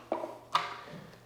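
An ENVO E35 scooter's folding locking latch on the stem is pulled back up to release the folded stem for unfolding. Two sharp clacks sound at 0.1 s and 0.6 s, and the latch is released.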